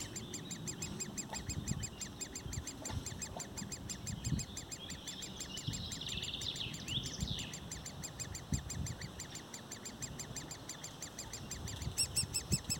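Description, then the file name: Woodpecker calls as a continuous train of quick, even short notes, a separate bird chirping briefly midway, and low rumbling background noise throughout. Recorded 6 July 2019. "Specht"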